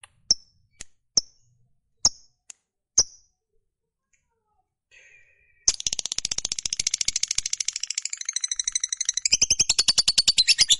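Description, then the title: Lovebird gives a few sharp ticking notes, then breaks into a long, fast, unbroken chatter of rapid harsh notes that runs to the end. Fighter-type lovebird giving a long chattering call (ngekek panjang). "Begitu Dengar Suara Lovebird FIGHTER NGEKEK PANJANG"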